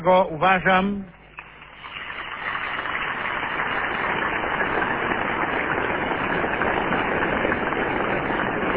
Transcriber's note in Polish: oklaski